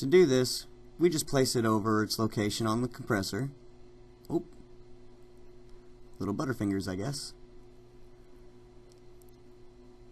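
Someone talks while fitting the plastic component cover back onto a freezer compressor (EL11 and countertop models) after replacing the start capacitor; the cover is dropped, then picked back up and lined up on the compressor before it is pressed home. Only faint handling taps follow near the end, and nothing has seated or clicked yet.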